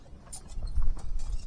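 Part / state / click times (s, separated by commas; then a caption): pan stand into top of camping stove burner / not seated / none. A metal pan stand is placed into the top of a Widesea camping jet stove burner and just sits loosely without locking. Only a few light metallic contact taps are heard, around 0.7, 0.8 and 1.0 seconds, and nothing has seated or clicked into place yet.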